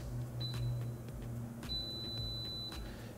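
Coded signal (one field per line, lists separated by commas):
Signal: beep code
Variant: Daikin air conditioner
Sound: button clicks, one short high beep, then one long high beep over hum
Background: button clicks, mains hum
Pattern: 1 short, 1 long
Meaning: The long beep means the error code now shown is the system's fault code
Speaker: we then need to continually push the cancel button until we hear a long beep when we hear the long beep the error code then indicates what the fault code is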